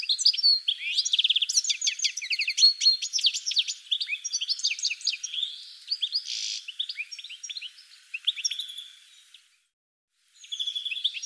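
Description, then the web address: Bird pouring out a busy string of chirps, rattles and squeaky notes, gradually softening, a short silence, then a final burst of high twitters. "cianscape birddata"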